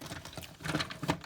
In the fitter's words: so that it clicks in place and those balls are not going to get lost